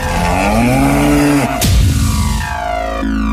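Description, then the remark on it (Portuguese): A deep, drawn-out bellow of a Marajó buffalo with a slowly sliding pitch lasts about a second and a half, then a sharp hit cuts in, followed by steady electronic tones. “O Búfalo do Marajó.”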